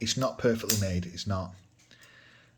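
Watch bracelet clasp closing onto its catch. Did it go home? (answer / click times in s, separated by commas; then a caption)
yes / 1.9 s. A metal deployant clasp on the stainless steel bracelet of a Guanqin QJ16155 dive watch is closed onto its catch; the clasp has some tolerance issues. Someone talks over the first part, then after a quieter stretch a short, sharp click sounds at 1.9 s. The clasp seats and is fine and secure.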